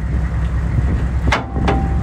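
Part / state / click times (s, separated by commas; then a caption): stabilizer beam lock pin into crane outrigger beam / seated / 1.3 s, 1.7 s. Over a steady low rumble, the steel stabilizer beam of a truck-mounted knuckle boom crane is pulled out to extension, and its spring-loaded yellow locking pin pops back out to latch the beam in place. Sharp metallic clicks ring out at 1.3 s and 1.7 s as the lock pin snaps home into the crane outrigger beam, and the beam is seated and locked.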